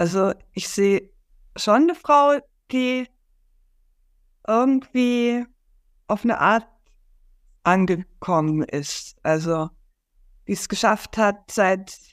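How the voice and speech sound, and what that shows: A woman speaks German in short bursts broken by long silent gaps, including a 1.4-second stop mid-phrase after a stretched "die". Several sounds are drawn out ("so", "die", "irgendwie", "ange-"), fitting stuttering with prolongations and silent blocks.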